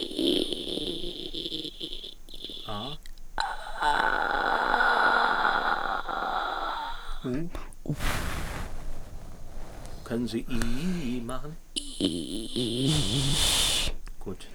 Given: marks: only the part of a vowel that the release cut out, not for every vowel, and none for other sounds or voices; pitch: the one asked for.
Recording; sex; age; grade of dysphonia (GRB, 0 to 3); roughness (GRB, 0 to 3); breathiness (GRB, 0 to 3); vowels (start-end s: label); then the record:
sustained vowels; female; 40 to 49 years; 3; 2; 3
0.00-1.64 s: vowel /i/, normal pitch
3.98-5.68 s: vowel /a/, normal pitch
7.98-8.55 s: vowel /u/, normal pitch
12.03-13.80 s: vowel /i/, low-high-low pitch
From the record:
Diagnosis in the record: spasmodic dysphonia, Reinke's edema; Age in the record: 47 years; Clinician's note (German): Verdacht auf spasmodische Dysphonie mit beidseitigem Reinke-Ödem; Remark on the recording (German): Aufgrund der Pathologie konnten die u's nur als Hauchen realisiert werden